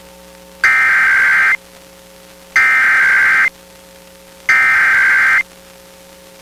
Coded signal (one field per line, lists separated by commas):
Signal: Emergency Alert System (SAME) tones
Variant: header bursts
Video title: Pennsylvania Required Monthly Tests (8/18/22)(EAS 1219-1233)